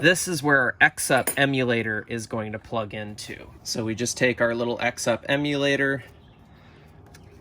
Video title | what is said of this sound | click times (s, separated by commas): WR250R FMF Q4 Exhaust INSTALL + EJK, WR250R Mods | plug it right in until it clicks down, | 7.1 s